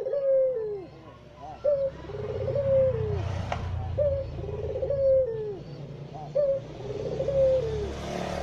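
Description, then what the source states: Barbary dove giving repeated rolling coos that slide downward at the end, over a steady background rumble and a short click. White Barbary dove ('puter putih'), masteran training song used in the Indonesian kicau mania songbird hobby for teaching songbirds.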